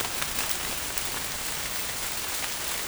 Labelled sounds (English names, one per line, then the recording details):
none
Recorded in dense forest near Puerto Asís, Putumayo, Colombia, on 27 June 2025 at 06:00
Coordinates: 0.503, -76.323
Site G059